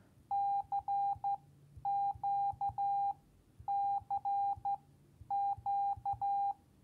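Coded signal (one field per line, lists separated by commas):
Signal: Morse code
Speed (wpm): 12 wpm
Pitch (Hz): 800 Hz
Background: none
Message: C Q C Q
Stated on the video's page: Morse code lesson number 1.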